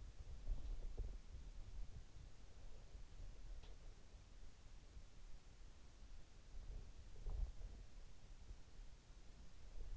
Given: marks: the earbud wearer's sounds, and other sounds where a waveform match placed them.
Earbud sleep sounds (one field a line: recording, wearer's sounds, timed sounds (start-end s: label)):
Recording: sounds in sleep by an in-ear microphone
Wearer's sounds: body movement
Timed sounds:
0.00-2.77 s: body movement
6.40-8.26 s: body movement